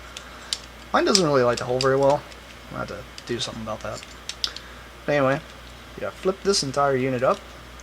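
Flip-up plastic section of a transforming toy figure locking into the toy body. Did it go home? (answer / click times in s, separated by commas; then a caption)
no / none. Someone talks while handling a transforming toy figure, starting to flip its whole plastic section up toward the toy body, with a few brief handling taps around 0.2, 0.5, 4.3–4.6 and 7.8 seconds. The section has not clicked into place yet; nothing has seated by the end of the clip.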